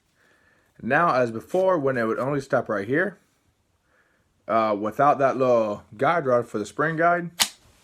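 Someone talks while handling the bolt of a WELL MB01/L96 airsoft bolt-action rifle, which has its spring guide rod removed; before the fix, the bolt would stop partway instead of closing into the receiver. Nothing has seated or clicked yet in this clip, and the bolt has not gone home.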